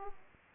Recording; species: mosquito wingbeat signal from an infrared sensor; Aedes aegypti